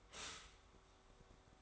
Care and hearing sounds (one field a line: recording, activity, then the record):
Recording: daily activity, microphone in the room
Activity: stop toaster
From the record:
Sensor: 3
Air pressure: 1014.7 hPa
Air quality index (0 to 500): 202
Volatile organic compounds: 27 ppm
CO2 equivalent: 2889 ppm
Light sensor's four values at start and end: 4/10/4/4 and 4/10/3/4